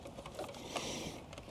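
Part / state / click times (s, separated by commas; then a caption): wiring harness connector into the car radio's plug-and-play interface socket / not seated / none. A plastic wiring harness connector for a Beat-Sonic CarPlay/Android Auto plug-and-play interface is handled at its mating socket behind the car radio of a 2015-2017 Lexus RC. Steady plastic rustling is broken by a few brief taps around 0.3 s and from 1.3 to 1.5 s. Nothing has seated or clicked yet.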